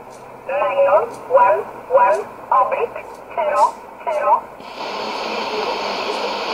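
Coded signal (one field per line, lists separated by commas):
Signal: numbers station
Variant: E11 Oblique, English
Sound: six short evenly spaced spoken words in a radio voice, then steady hiss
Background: radio static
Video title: 12 08 2017 Numbers station E11 Oblique in English to Eu 1347 on 15825 in USB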